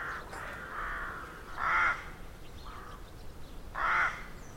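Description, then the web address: Rooks cawing, harsh hoarse calls in loose irregular succession, two louder drawn-out caws standing out near the middle and end. Rookery in a derelict abbey; traffic-free background. "Hollywood Edge Historical Series. Rookery In Derelict Abbey"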